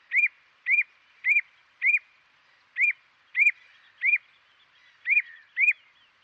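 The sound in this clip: Bird call: short rising-and-falling whistles repeated at uneven intervals of about half a second to a second, with faint soft twittering behind the later notes.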